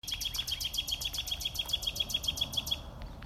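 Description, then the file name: Common nightingale song: a long, rapid, evenly spaced series of many sharp repeated notes, stopping abruptly. "Luscinia megarhynchos"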